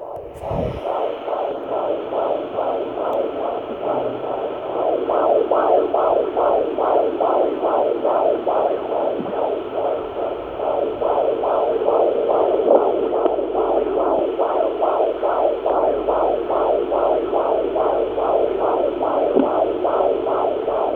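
Rapid, regular whooshing pulses at about 143 per minute: a baby's heartbeat in the womb picked up by Doppler.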